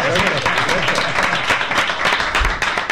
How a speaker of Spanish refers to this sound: Eso, por supuesto, añadiendo a toda la gente que está en la plaza. Bueno, otro aplauso para la gente que está en la plaza.